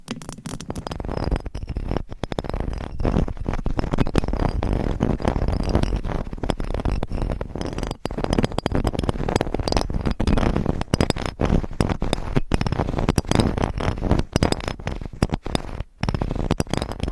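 Dense, continuous scratching and rubbing with quick tapping strokes throughout, mostly low and full-toned, with a brief pause near eight seconds.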